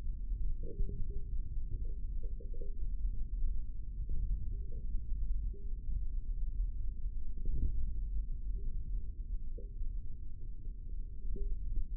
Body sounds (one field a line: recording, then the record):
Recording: forearm muscle sounds (acoustic myography)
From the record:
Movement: index flexion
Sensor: system 3, bracelet of six PUI Audio POM-2738L microphones around the upper forearm, with dedicated amplification and filtering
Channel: 5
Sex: male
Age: 25 years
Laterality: right